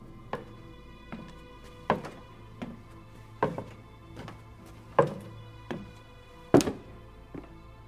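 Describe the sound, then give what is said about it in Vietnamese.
Footsteps in a hallway just outside a room at midnight: about eleven dull thudding steps at an even walking pace, some landing noticeably harder than others, over a low steady hum with no talking. “Đầu tiên là những tiếng bước chân vang lên ở ngay ngoài hành lang.”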